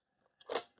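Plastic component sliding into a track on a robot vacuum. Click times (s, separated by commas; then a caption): 0.6 s. A plastic part of a Eufy S2 Omni robot vacuum is lined up in its track and pushed in. A faint scrape is followed by a brief tick at 0.4 s, then a louder, sharp click at 0.6 s and a soft tap near 0.8 s. The part clicks in and sits flush.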